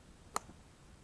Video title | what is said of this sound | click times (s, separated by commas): Viking Bags Sissy Bar Bag Review While Riding | Hear that snap? Well, you probably can't hear it, but one side comes undone. | 0.4 s